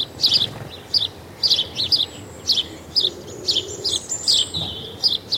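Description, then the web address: House sparrows give sharp chirps in quick clusters of two or three notes, repeated steadily throughout. Several house sparrows calling. "House sparrow, several birds calling with feral pigeon"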